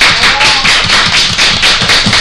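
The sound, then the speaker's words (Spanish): A first-grade class (Primero A) of schoolchildren from Colegio San José de Calasanz applauding during a class visit to the Biblioteca Infante: a dense, steady patter of many small claps filling the whole moment, loud and continuous without any voices over it. “Un aplauso a Velo de Primero A. Que se escuche.”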